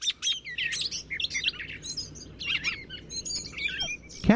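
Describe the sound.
Gray Catbird song, a rapid jumble of varied squeaky and chirping phrases with scratchy notes, continuous throughout, with a sharp thump at the end.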